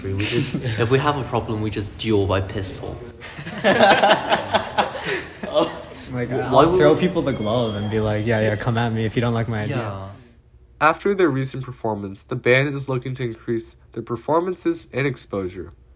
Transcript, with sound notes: If we had a problem we just duel by pistol. (group laughter)
AFTER THEIR RECENT PERFORMANCE, THE BAND IS LOOKING TO INCREASE THEIR PERFORMANCES AND EXPOSURE.